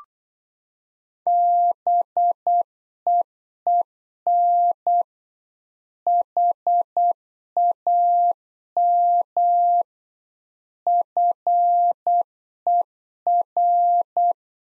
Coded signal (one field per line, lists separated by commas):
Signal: Morse code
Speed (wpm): 8 wpm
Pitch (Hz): 700 Hz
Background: none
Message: BEEN HAM FER